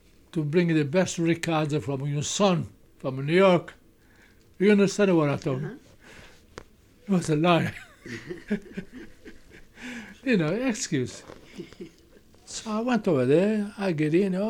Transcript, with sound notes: to bring the best Ricardo from your son, New York." You understand what I told them. It was a lie. ( he laughs ) You know, excuse. So I went over there, I get in.